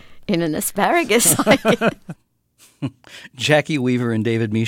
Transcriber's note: soundbite of laughter